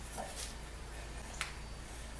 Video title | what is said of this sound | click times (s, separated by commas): Fixing A Fubar ~ Replacing Head Gasket Again | There it clicked. Now it's solid. | 1.4 s